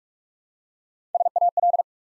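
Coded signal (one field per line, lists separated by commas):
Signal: Morse code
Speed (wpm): 44 wpm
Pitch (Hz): 700 Hz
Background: none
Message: SAL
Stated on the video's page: 45 wpm Morse practice building four-letter words one letter at a time, for instant character recognition.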